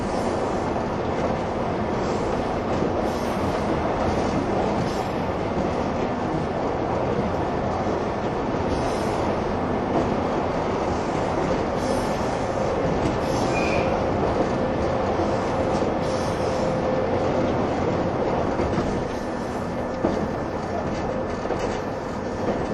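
Running sound of a 185 series Odoriko train: a steady, dense rumble with faint rhythmic clatter, a brief chirp near fourteen seconds.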